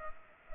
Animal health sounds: mosquito wingbeat signal from an infrared sensor; Culex pipiens

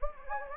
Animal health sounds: mosquito wingbeat signal from an infrared sensor; Anopheles gambiae

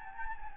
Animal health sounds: mosquito wingbeat signal from an infrared sensor; Anopheles gambiae

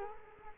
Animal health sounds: mosquito wingbeat signal from an infrared sensor; Culex quinquefasciatus

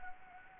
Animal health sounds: mosquito wingbeat signal from an infrared sensor; Anopheles gambiae

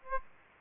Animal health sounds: mosquito wingbeat signal from an infrared sensor; Aedes aegypti

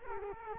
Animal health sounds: mosquito wingbeat signal from an infrared sensor; Culex quinquefasciatus

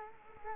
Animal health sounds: mosquito wingbeat signal from an infrared sensor; Culex quinquefasciatus

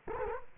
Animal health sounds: mosquito wingbeat signal from an infrared sensor; Culex quinquefasciatus

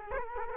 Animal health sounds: mosquito wingbeat signal from an infrared sensor; Culex quinquefasciatus

